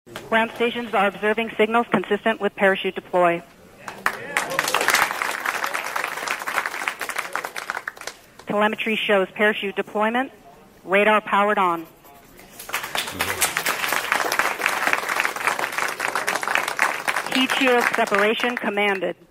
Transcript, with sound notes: “Ground stations are observing signals consistent with parachute deploy.” [Applause] “Telemetry shows parachute deployment. Radar powered on. Heat shield separation commanded.”